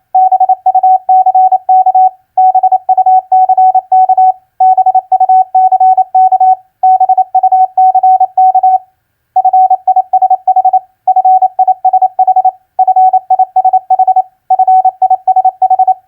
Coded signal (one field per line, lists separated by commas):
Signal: Morse code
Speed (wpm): 28 wpm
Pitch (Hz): 750 Hz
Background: none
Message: BUCK BUCK BUCK BUCK FISH FISH FISH FISH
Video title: Morse Code Practice Word Recognition FISH-BIRD-BUCK 28wpm Repeated